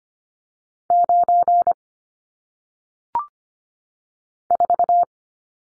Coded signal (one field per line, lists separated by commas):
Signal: Morse code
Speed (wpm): 25 wpm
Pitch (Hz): 700 Hz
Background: none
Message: 9 4